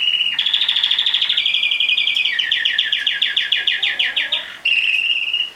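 Domestic canary song: a fast, pulsing trill of repeated notes runs for several seconds, then a clear sustained high note.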